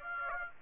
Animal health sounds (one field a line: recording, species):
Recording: mosquito wingbeat signal from an infrared sensor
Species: Aedes aegypti